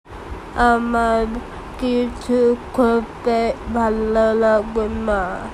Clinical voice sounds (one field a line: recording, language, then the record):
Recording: elicited speech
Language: Bengali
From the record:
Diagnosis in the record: Broca's or global aphasia after a stroke